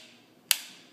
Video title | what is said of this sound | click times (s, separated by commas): Review of Platinum Series - Case with Holster for Samsung Galaxy S III Mobile Phones | slide it in as I was saying like this and i were to lift this up you notice to hear that snaps in and that's not coming out | 0.5 s